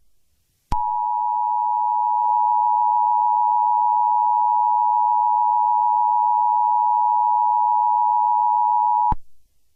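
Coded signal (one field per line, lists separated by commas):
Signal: Emergency Alert System (SAME) tones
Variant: 853 and 960 Hz attention tone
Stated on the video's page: Fictional EAS scenario.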